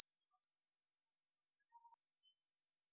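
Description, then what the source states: Eurasian penduline tit giving a thin, high, drawn-out whistle that slides slightly downward, with a brief high note at the start and another beginning at the end; otherwise quiet. Slovenia.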